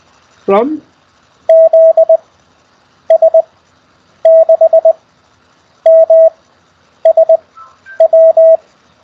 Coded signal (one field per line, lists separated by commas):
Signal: Morse code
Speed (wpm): 20 wpm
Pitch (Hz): 660 Hz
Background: speech, radio noise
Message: E ZS6MSW